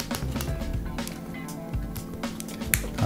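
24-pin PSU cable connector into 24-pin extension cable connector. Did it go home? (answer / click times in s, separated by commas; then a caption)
yes / 2.7 s. The plastic 24-pin motherboard connector from a PC power supply is pushed into a sleeved 24-pin extension cable connector over background music, with several light handling clicks along the way. A loud, sharp snap at 2.7 s marks the latch engaging and the connectors seating.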